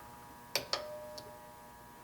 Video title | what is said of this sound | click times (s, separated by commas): Button hole-O.MPG | So now I'm going to go to step 2 and you will hear it click into place. | 0.5 s, 0.7 s